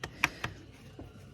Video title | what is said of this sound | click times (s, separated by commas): AFE Momentum HD in depth install 13-18 Ram 2500/3500 Cummins part # 50-72005 | Well, heard that click? | 0.2 s